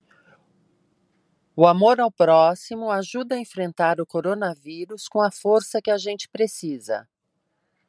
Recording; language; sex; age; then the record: spoken sentence; Brazilian Portuguese; female; 50 to 59 years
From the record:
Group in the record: control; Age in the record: 59 years